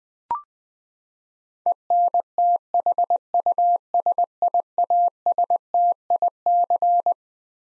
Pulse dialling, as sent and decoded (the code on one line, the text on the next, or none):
none